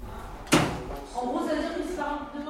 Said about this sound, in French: Dans les premiers temps, ça peut être particulier parce qu'on ouvre beaucoup de portes, on ferme beaucoup de portes.